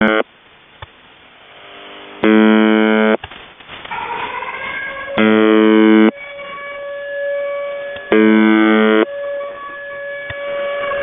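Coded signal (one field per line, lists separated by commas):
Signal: channel marker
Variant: UVB-76 (The Buzzer)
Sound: harsh low buzzes about every 3 seconds, with rising and falling siren-like tones between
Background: siren jamming, radio static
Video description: Russian Buzzer UVB-76 seen with active air-raid siren audio jamming.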